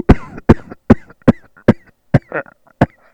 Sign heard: Cough.